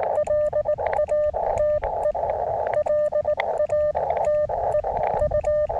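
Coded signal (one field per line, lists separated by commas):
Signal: Morse code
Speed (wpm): 19 wpm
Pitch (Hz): 600 Hz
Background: radio noise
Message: LATE LATE U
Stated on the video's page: QRP CW contacts on a homemade base-loaded shortened vertical antenna, in conditions poor for compromised antennas.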